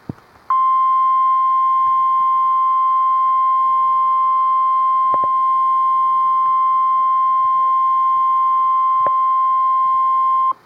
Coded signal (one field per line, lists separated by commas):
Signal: Emergency Alert System (SAME) tones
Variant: 1050 Hz attention tone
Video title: REAL EAS 242-Severe thunderstorm warning